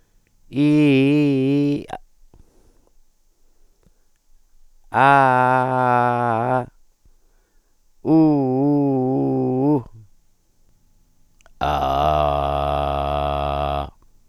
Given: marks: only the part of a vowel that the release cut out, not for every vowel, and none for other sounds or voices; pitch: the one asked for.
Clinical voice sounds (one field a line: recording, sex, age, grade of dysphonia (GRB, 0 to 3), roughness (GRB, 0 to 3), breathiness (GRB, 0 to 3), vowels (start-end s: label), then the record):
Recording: sustained vowels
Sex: male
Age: 50 to 59 years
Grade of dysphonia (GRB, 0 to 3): 0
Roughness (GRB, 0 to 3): 0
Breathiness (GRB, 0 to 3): 0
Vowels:
0.64-1.71 s: vowel /i/, high pitch
5.04-6.54 s: vowel /a/, high pitch
8.19-9.69 s: vowel /u/, high pitch
11.75-13.71 s: vowel /a/, low pitch
From the record:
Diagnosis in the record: hypopharyngeal tumor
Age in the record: 50 years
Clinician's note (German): Großes Ca re, ohne strob. Abweichung